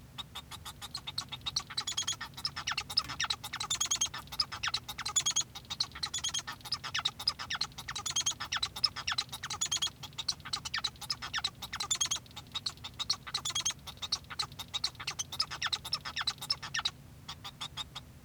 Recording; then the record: song of a male Bengalese finch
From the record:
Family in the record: son of father 1